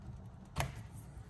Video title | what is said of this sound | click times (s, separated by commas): Tesla Model Y NEW Charging Station 48 amp NEMA 14-50 by Lectron | you hear that click and it's on there pretty firmly | 0.6 s